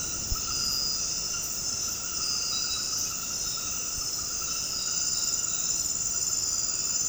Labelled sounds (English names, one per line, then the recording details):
none
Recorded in dense forest near Puerto Asís, Putumayo, Colombia, on 18 February 2024 at 22:30
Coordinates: 0.486, -76.316
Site G6437